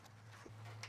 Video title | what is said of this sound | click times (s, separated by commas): Replacing Hood Insulation and Washer Nozzles - Toyota Landcruiser 80 Series | And I can just hear that has clicked in. | 0.8 s